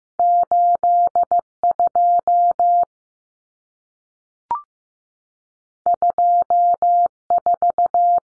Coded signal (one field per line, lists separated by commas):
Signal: Morse code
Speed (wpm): 15 wpm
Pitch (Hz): 700 Hz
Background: none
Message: 82 24